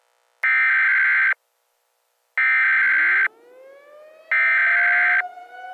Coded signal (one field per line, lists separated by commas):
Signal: Emergency Alert System (SAME) tones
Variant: header bursts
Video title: EAS Scenario - Gamma Ray Burst